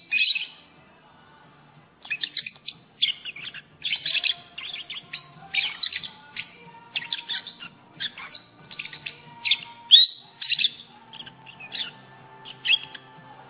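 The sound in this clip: Lovebird chatter: a brief burst, a short quiet spell, then rapid squeaky chirps and harsh twitters in irregular bursts.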